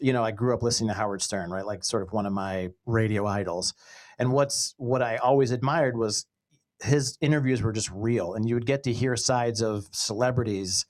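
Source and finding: Adult male speaker. Typical speech.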